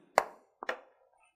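On an Air-Pak X3 Pro breathing apparatus harness, the waist pad is folded back and its directional press-snap fastener is lined up and pressed shut, giving a sharp snap at 0.2 s. A brief tap at 0.6 s and a second, softer snap at 0.7 s follow, and the waist pad snap is secured in place.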